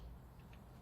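A screwdriver reaches into a plastic electrical connector housing on a Triumph Sprint ST 1050 and pushes the retaining tang of a metal terminal. A faint click sounds at 0.5 s over a low background hum. The tang slips in and releases the terminal.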